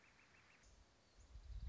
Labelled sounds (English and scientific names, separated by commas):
Northern Flicker (Colaptes auratus)